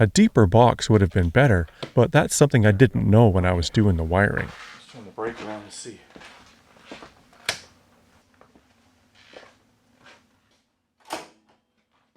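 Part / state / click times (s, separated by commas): flush-mount LED light fixture into ceiling electrical box / seated / 7.5 s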